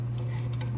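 A plastic drop seal assembly with a new rubber gasket is handled in a Kohler toilet tank, its grooves matched to the flush valve for a quarter-turn clockwise twist that locks it into place. A steady low hum runs throughout, with two faint brief ticks at about 0.5 and 0.6 seconds. Nothing has seated or clicked into place yet.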